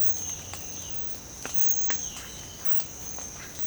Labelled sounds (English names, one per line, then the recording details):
none
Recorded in secondary vegetation near Puerto Asís, Putumayo, Colombia, on 22 December 2024 at 06:00
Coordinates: 0.499, -76.323
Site G010